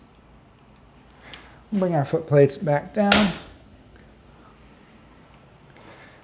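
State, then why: Seated. The swing-away joystick mount on a Quantum Edge HD powerchair is brought back forward and latches into its armrest bracket with a sharp click at 1.3 s, locking into place. Someone then talks over a quiet background.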